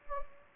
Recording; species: mosquito wingbeat signal from an infrared sensor; Anopheles gambiae